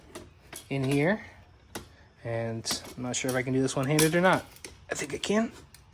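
A Rovic RV1D stroller seat is handled at the stroller frame mounts while someone talks, with brief sharp knocks at about 0.2, 0.6 and 1.8 seconds. The clip ends before the seat goes home, and nothing has seated or clicked into place yet.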